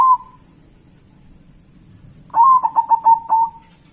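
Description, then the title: Zebra dove cooing: a brief note at the start, then a rippling series of quick staccato coos ending in a drawn-out trailing note. Song of a local zebra dove. "Kicau Perkutut Lokal"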